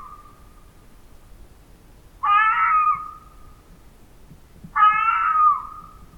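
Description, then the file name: Fox cries: two long wavering wails about two and a half seconds apart, each starting abruptly and trailing off, after the fading end of an earlier call. "Cry Of A Fox"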